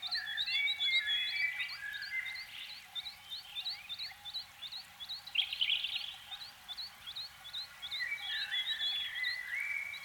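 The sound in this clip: Canary song, a fast series of repeated rising chirps, about four per second, mixed with warbled phrases and a steady low hum.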